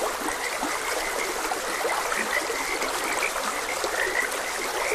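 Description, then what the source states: Short frog croaks and chirps follow one another quickly against the constant burble of running water. Frogs croaking beside a gentle stream.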